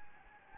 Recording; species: mosquito wingbeat signal from an infrared sensor; Anopheles gambiae